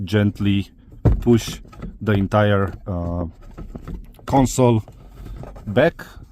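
Someone talks while handling the plastic overhead light console trim panel of a Hyundai Tucson during an LED interior light upgrade, after its two rear hooks have been hooked back in. Faint, brief handling ticks are heard as the panel is pushed back toward the roof headliner. Nothing has seated or clicked yet.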